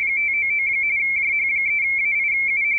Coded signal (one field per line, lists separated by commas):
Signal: RTTY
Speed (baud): 45.45 baud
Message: 599 JH3AIU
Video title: YJΦGC, Vanuatu Is. Pacific Ocean, 18MHz, RTTY, Worked by HL2WA